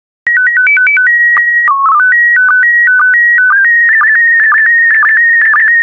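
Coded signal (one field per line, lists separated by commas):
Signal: SSTV (slow-scan television)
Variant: PD 120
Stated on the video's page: PD120-mode SSTV practice transmissions made for listeners to decode, sets of four images from a stock photo collection.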